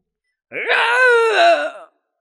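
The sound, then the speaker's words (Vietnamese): A single loud, drawn-out, enraged shout from one voice, coming from above, lasting over a second, strained and wavering in pitch before cutting off, with silence on either side. “Một tiếng hét to phẫn nộ từ trên cao truyền đến, sắc mặt Kỳ Ma Tử đầy vẻ phẫn nộ, từ trên rơi thẳng xuống, bay tới trước mặt của Hàng Lập.”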